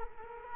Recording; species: mosquito wingbeat signal from an infrared sensor; Culex quinquefasciatus